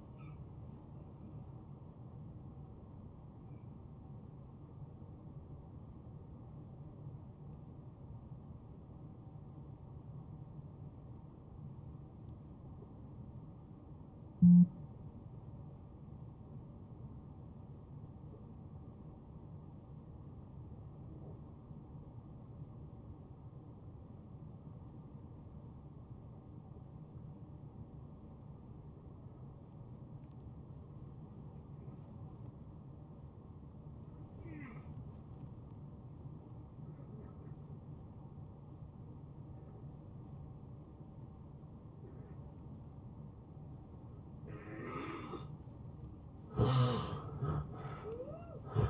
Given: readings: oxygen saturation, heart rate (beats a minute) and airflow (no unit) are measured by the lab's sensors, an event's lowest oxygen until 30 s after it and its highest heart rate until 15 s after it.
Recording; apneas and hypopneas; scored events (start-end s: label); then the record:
breathing in sleep by a smartphone at the bedside; 1
3.00-44.70 s: hypopnea (N1, oxygen 92% highest, then 79% lowest, heart rate 85 at the start, 88 highest)
From the record:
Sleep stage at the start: N1 (lightest sleep); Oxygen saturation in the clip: 78 to 92%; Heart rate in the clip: 58 to 85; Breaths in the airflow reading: 16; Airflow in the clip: -12.3 to 5.6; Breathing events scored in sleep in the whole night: 263 in 5.5 hours asleep